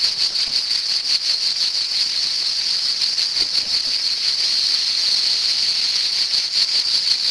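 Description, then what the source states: Cicada song, a sustained high rasping drone with rapid rhythmic pulsing, unchanging throughout. Cicadas in summer.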